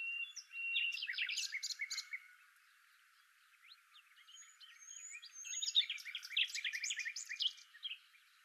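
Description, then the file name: Common nightingale singing a fast burst of chattering repeated notes, a quiet gap, then thin whistles leading into a dense, loud rattling sequence of repeated elements. "Luscinia megarhynchos"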